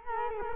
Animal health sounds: mosquito wingbeat signal from an infrared sensor; Culex quinquefasciatus

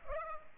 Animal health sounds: mosquito wingbeat signal from an infrared sensor; Culex pipiens

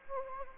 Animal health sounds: mosquito wingbeat signal from an infrared sensor; Anopheles gambiae

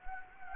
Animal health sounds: mosquito wingbeat signal from an infrared sensor; Anopheles gambiae

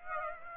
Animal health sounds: mosquito wingbeat signal from an infrared sensor; Aedes aegypti

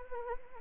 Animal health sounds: mosquito wingbeat signal from an infrared sensor; Anopheles arabiensis

